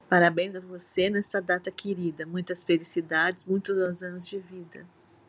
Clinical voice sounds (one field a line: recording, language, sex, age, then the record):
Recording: short text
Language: Brazilian Portuguese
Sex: female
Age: 50 to 59 years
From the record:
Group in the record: control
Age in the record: 58 years